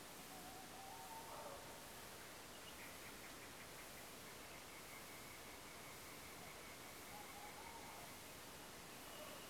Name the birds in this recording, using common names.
none